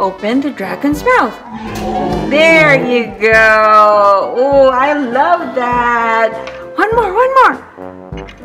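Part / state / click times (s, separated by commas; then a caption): plastic dart into toy dragon mouth launcher / seated / 7.8 s. A plastic fire dart is pushed into a toy dragon's mouth launcher until it locks in place. Someone talks over music, and the dart clicks into the launcher at 7.8 seconds.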